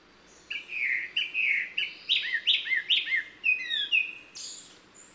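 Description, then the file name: Japanese thrush song: clear whistled phrases with several repeated notes, ending with a high thin squeaky flourish. "kurotsugumi"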